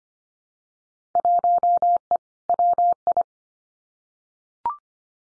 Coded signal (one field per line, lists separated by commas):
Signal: Morse code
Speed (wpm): 25 wpm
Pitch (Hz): 700 Hz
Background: none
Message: 1E WI